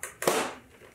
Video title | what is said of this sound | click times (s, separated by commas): PS5 God or War: Ragnarok Complete Overview in 2024 | clicks into place that's all there is to it | 0.2 s